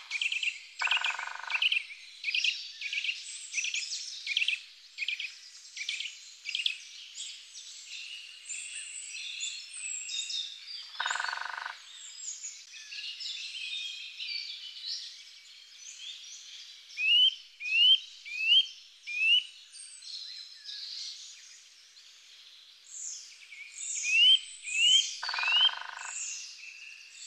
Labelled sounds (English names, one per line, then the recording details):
Eurasian Nuthatch song
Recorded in the wild
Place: Lilienhof / Kaiserstuhl, Baden-Württemberg, DE
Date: 2000-03-19
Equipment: MiniDisc Sharp MT 20 H
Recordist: Schwarz, Dieter